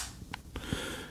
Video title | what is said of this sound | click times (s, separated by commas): 79: Unboxing and Review - Sudio Tolv Wireless Earbuds | and it flips open it's got a magnetic latch hear that | 0.3 s, 0.6 s